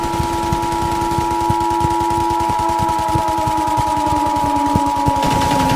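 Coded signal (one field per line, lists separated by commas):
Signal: Emergency Alert System (SAME) tones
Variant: 853 and 960 Hz attention tone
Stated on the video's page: Mock EAS alert about war on the United States, not a real alert.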